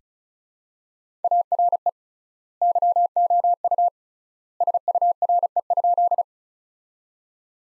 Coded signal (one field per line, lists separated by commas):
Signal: Morse code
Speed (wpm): 34 wpm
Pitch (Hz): 700 Hz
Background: none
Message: ARE YOU SURE?